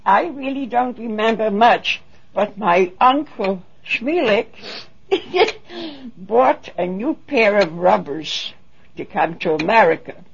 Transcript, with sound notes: I really don't remember much, but my Uncle Schmelik ( she laughs ) bought a new pair of rubbers to come to America.